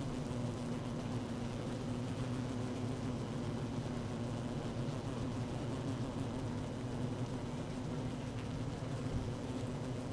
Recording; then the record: honeybee colony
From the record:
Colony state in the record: active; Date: 12 June 2018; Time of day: 15:58